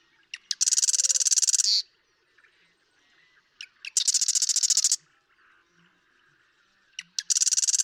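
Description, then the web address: Marsh Wren singing: three harsh, machine-gun rattles spaced about three seconds apart, each preceded by two or three sharp ticks. "birdsongforthecurious Marsh Wren"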